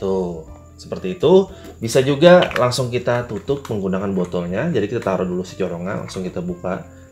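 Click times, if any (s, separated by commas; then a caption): none. A plastic dropper nozzle is being handled at an e-liquid bottle, to be pressed home by closing the bottle cap over it, while someone talks over background music. Nothing has seated or clicked yet; the clip ends just before the nozzle goes home.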